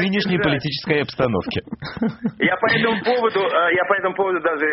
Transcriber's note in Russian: Смех